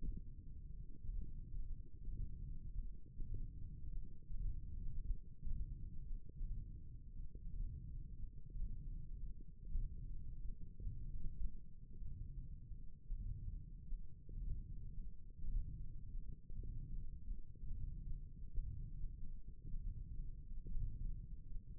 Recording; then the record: forearm muscle sounds (acoustic myography)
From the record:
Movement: hand opening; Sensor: system 1, eight BSWA MPA416 microphones around the upper forearm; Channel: 1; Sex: female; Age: 22 years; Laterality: right